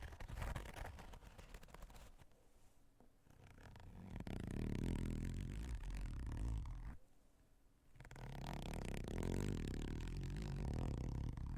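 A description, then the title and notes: Scratching on assorted surfaces, with rough, raspy strokes that fill most of the clip. The sound swells and fades in uneven bursts, dipping to near silence around three and seven seconds before resuming, with heavy low rumbling and scraping layered underneath. ASMR scratching on various items for deep relaxation 3.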